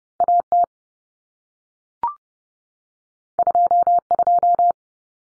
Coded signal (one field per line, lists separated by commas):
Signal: Morse code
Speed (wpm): 30 wpm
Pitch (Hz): 700 Hz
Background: none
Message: AT 22